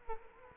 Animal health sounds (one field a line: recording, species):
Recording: mosquito wingbeat signal from an infrared sensor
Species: Culex quinquefasciatus